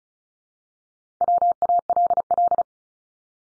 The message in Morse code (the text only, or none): WALL